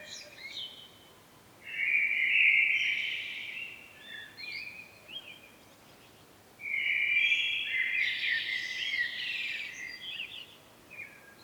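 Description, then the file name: Common blackbird singing two separate bursts of scratchy, warbled twittering, with softer notes in between. "Turdus merula"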